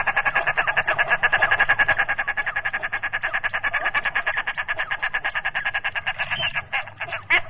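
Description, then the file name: Common shelduck cackling, a long, rapid train of harsh pulsed notes repeated several times a second, loosening and fading briefly near the end. "Gravand"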